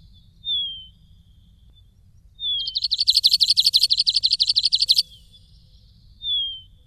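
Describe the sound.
Long-tailed widowbird calls: thin descending whistles, then a buzzy rapid trill for about two and a half seconds, and one more short falling whistle.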